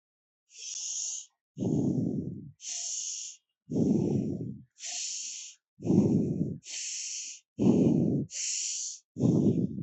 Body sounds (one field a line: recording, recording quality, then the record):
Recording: deep breathing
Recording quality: excellent, no background noise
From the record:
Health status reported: healthy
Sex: female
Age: 33 years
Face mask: worn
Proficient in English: yes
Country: India